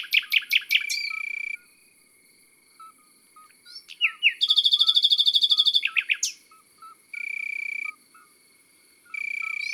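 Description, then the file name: Common nightingale singing: quick sharp notes, then a loud, rapid buzzy rattle, between long, even buzzing bursts. Heard in the countryside. "Rossignol philomele Chants doiseaux dans la campagne"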